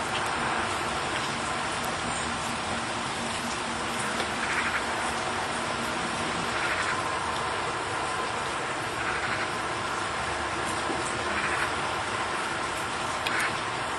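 Rain falls steadily in a small village in Mayenne, a dense, even hiss that fills the whole fourteen seconds without letting up. Faint brighter swells rise every two or three seconds, and a low rumble, perhaps a passing vehicle, runs underneath.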